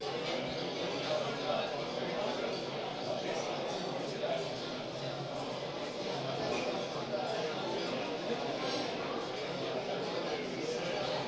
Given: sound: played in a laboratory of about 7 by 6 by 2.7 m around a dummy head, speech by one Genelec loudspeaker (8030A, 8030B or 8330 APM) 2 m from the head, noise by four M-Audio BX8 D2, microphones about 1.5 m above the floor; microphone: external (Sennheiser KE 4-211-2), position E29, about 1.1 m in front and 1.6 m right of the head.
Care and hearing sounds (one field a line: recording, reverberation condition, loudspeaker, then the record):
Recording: cafeteria noise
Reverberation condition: medium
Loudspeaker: four, about 170 cm from the corners of the room and facing them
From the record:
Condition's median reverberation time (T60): about 510 ms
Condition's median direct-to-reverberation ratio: about -0.5 dB